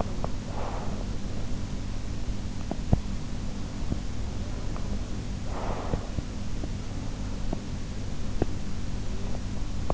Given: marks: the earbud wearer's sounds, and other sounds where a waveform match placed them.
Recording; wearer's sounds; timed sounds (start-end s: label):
sounds in sleep by an in-ear microphone; teeth grinding, breath
0.00-0.49 s: teeth grinding
0.49-1.16 s: breath
2.67-3.12 s: teeth grinding
4.54-6.30 s: breath